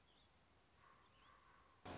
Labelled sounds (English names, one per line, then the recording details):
Common Raven
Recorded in Sonoma County, California